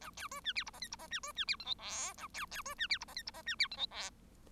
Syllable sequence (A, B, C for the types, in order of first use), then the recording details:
A B C D E F G H F G D C D E I J K A B B C D E F G H F G D E I J K. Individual Bird1